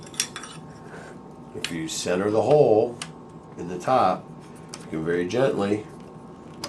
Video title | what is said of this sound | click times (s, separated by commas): Replacing an Alaris(CareFusion) 8100 Pump Bezel | Oop, popped off. | 6.6 s